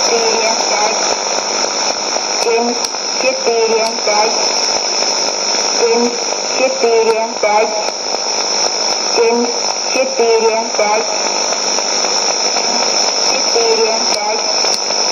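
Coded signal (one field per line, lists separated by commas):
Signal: numbers station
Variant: S06s, Russian female voice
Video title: 21 09 2016 Number station S06s Russian Lady to Eu 0742 on 12140 unknown tx site CUSB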